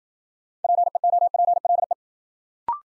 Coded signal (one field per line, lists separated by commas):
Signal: Morse code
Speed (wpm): 54 wpm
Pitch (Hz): 700 Hz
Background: none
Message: PEOPLE